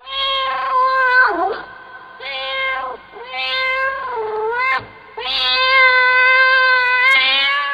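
Cat meowing, a string of drawn-out, strongly voiced meows with wavering pitch, some rising then falling, ending in one long sustained meow.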